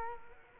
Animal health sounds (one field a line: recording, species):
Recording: mosquito wingbeat signal from an infrared sensor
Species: Culex quinquefasciatus